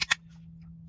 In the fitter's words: click into place